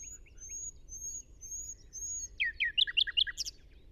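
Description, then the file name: Common nightingale song: thin, very high drawn-out whistles repeated evenly, then a rapid burst of loud chirping notes ending in a high flourish. "Luscinia megarhynchos"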